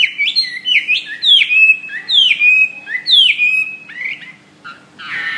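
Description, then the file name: Hwamei song of loud, repeated two-part whistles, each a sharp rising note dropping into a clear slur, given roughly once a second. "omkicau hwamey"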